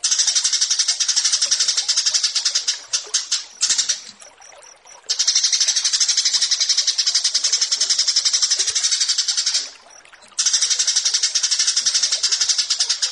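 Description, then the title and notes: Australasian bushlark giving long sustained runs of fast high pulsed notes, with two short pauses between the runs. Bird-keeping song tutoring (masteran). "Branjangan VS BURGER Masteran Mewah 1. burung BRANJANGAN"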